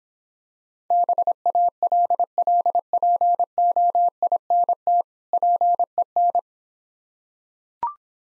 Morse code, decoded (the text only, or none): BALLPOINT PEN